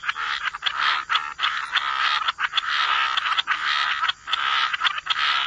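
Frogs calling in a dense chorus, many overlapping croaks and trills merging into a steady buzzing wall of sound with brief dips.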